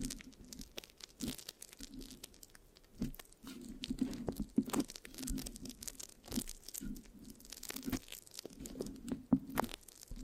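Mic scratching with a sticky, crackling texture, made of dense bursts of rough scraping and crinkling that come every second or so. Sharp bright clicks and tearing sounds punctuate a low rumbling rub, with short quiet gaps between strokes and no talking.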